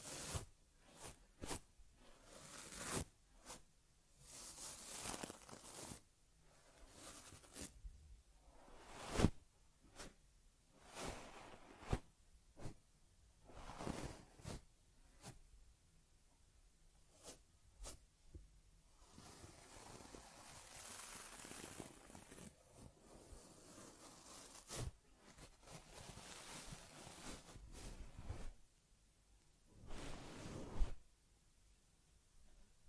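A teddy's fur is combed in quick brushing strokes and scratchy swishes, irregular bursts coming every second or so with brief quiet gaps between.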